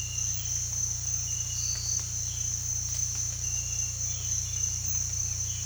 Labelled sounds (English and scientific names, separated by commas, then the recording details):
none
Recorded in dense forest near Puerto Asís, Putumayo, Colombia, on 18 December 2024 at 06:00
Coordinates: 0.467, -76.328
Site GP05